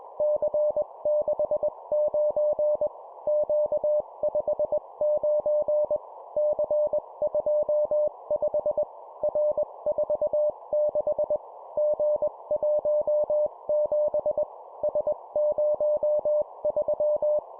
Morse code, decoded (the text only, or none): C69 Q59 C25 R46 G17 S03